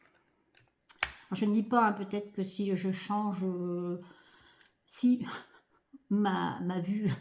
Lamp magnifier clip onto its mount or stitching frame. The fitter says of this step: elle se clipse ainsi